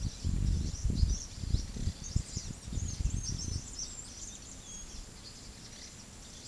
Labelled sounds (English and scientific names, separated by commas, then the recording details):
White-lored Euphonia (Euphonia chrysopasta)
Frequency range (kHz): White-lored Euphonia (Euphonia chrysopasta) 2.8-8.5 kHz
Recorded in pastures near Puerto Asís, Putumayo, Colombia, on 20 February 2024 at 13:30
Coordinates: 0.466, -76.323
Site G6384